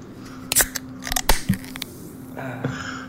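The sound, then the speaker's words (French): A voice imitates a beer can being opened, with a few sharp clicks and pops followed by a soft, airy hiss that fades out. No words are spoken. “Une imitation de canette de bière la moins haute du monde, mais c'est correct. Donc, la bière est ouverte.”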